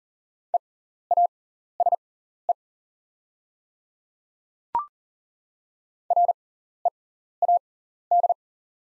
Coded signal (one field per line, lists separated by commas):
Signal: Morse code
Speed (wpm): 40 wpm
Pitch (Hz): 700 Hz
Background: none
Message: EASE READ